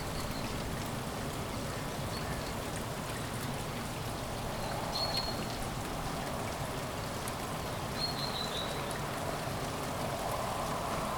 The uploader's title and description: Light morning rain in the city of Kuldiga, Latvia. Raindrops falling on the city streets